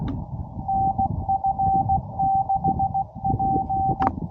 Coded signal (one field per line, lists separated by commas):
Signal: Morse code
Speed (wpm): 16 wpm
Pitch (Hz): 780 Hz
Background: none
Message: NF6P